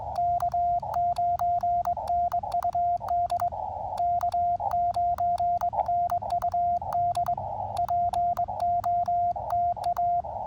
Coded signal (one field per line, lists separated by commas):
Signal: Morse code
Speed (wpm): 21 wpm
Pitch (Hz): 700 Hz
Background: radio noise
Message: K9NUD K9NUD POTA